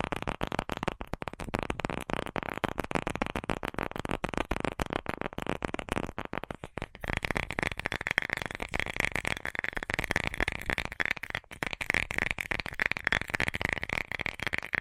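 Fast, dense tapping runs without pause for the whole clip, a rapid stream of crisp clicks and knocks. About seven seconds in, the tapping takes on a brighter, more ringing tone that holds to the end. No voice is heard.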